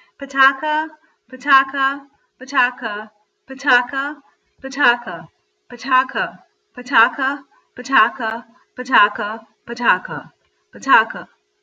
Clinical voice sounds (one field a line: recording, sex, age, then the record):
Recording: repeated syllables /pa ta ka/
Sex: female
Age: 40 to 49 years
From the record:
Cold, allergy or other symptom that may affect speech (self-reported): no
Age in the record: 42 years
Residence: Pennsylvania, United States